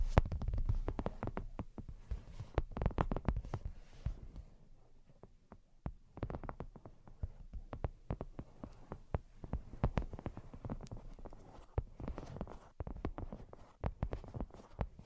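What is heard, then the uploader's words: Brain-penetrating 3D tapping: quick, irregular bursts of crisp taps with soft low thuds, densest in the first four seconds, then sparser, clustered flurries. Brain Penetrating 3D Tapping.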